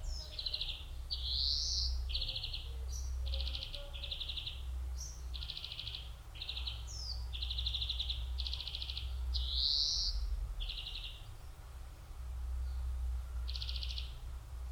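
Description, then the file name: European greenfinch song, a steady mix of buzzy trills and rising wheezy notes in quick succession, with a constant low rumble underneath. "Chloris chloris"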